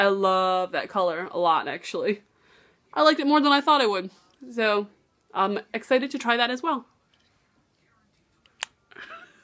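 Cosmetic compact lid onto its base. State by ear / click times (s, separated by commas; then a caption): seated / 8.6 s. Someone talks for most of the clip, then after a pause closes a makeup compact or palette lid, possibly plastic, onto its base. The lid clicks shut with a short, sharp snap at 8.6 s, seating closed, though the click is quieter than hoped. Faint rustling follows.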